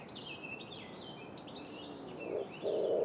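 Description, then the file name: Common wood pigeon coo near the end: a short soft note, then a sustained low coo cut off, with high chirping from small birds. "pigeon ramier"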